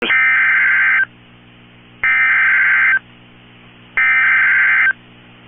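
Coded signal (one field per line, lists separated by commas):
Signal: Emergency Alert System (SAME) tones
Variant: header bursts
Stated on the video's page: Valid EAS tones of a real tornado warning for Dunn, Pepin and Pierce counties, Wisconsin.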